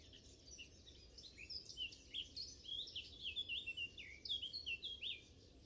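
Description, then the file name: Eurasian blackcap singing a soft, rambling warble of varied twittering notes, fairly quiet against a constant low hiss. "Sylvia atricapilla"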